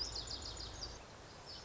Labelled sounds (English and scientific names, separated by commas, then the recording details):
Lazuli Bunting (Passerina amoena)
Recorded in Sonoma County, California